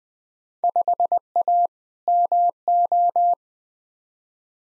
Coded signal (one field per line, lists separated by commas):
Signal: Morse code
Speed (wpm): 20 wpm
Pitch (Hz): 700 Hz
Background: none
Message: 5A MO